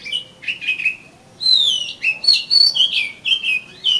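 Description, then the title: Oriental magpie-robin song: a loud, continuous stream of sweet whistles, some long and gliding, others short and chirpy. "Kacer Kacer"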